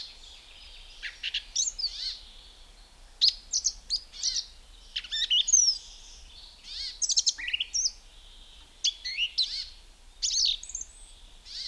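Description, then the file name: Song Thrush song of varied loud phrases, mixing shrill notes, whistles and scratchy chatters, delivered in short bursts with brief pauses. "Zvuki ptic - Pevchij drozd"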